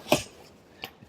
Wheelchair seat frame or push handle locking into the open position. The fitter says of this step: and flip out the push but hear the click sound.